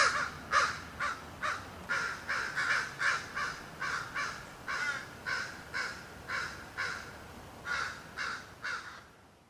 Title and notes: Cimitiere de Notre-Dame-des-Neiges, 24.07.08. Crows in the cemetry